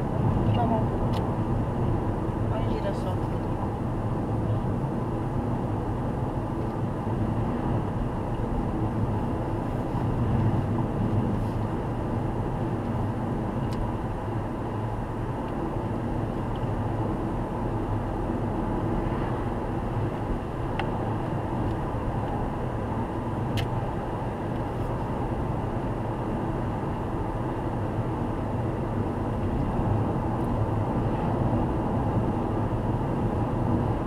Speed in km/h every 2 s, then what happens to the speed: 86, 85, 86, 87, 88, 89, 92, 94, 94, 96, 97, 97, 95, 95, 94, 93, 96.
0-34 speeds up to 96.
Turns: none.